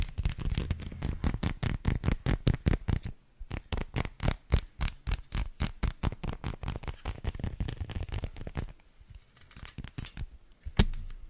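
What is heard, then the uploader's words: Rapid tapping and scratching on textured chocolate, a dense run of crisp, bright clicks with a low thump under each one. The pattern pauses briefly around 3 seconds and again near 9 to 10 seconds, and a single sharp tap lands near 11 seconds. ASMR - TAPPING and SCRATCHING on CHOCOLATE (textured).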